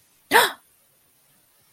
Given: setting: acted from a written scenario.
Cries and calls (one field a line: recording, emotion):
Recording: vocal sound without words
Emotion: fear